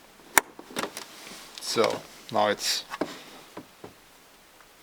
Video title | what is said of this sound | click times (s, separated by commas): Bad Reversing Light? UPGRADE To LED on a Land Rover Discovery 4 / LR4 | you hear a silent click and then you know it's it's fixed so | 0.4 s